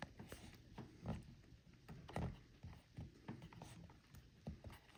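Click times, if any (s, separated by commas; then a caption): none. While the throttle is pulled during a fuel line and filter replacement on a Stihl chainsaw, a part in the throttle/carburetor area is pushed to pop down into its seat, producing scattered soft knocks and handling taps. The part has not popped or seated yet; no click is heard.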